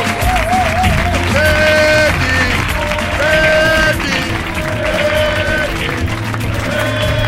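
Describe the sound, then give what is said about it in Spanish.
Loud, sustained applause from an audience on the show La Vida Moderna, greeting a female singer guest, a dense roar of clapping and cheering that never lets up, with a bright melodic tune playing over the top. “¡Un fuerte aplauso para esta mujer!”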